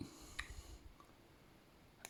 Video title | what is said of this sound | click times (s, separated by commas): Stuhrling depth master 883 heritage review | it out you'll feel it click once it's clicked you can pull it | 0.4 s, 2.1 s